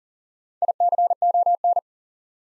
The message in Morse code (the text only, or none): ICON